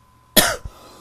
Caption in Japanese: 10日ぐらい前から、 咳が止まりません。まあ、最初は喉が痛かったんですけども、だんだん喉痛いのマシになりましてね、まだ鼻も詰まってるんですけど、だんだん鼻もちょっとマシになってきまして、。 咳だけがどうしてもこう残ってしまって。